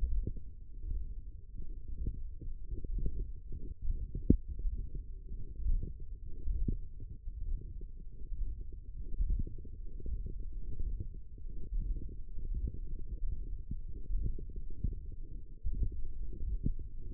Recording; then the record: forearm muscle sounds (acoustic myography)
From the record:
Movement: index flexion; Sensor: system 1, eight BSWA MPA416 microphones around the upper forearm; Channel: 3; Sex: male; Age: 23 years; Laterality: right